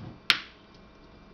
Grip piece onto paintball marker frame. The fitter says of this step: snaps into place then I kind of just make sure it gets in there